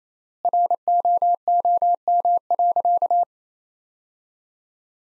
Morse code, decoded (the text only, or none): ROOM.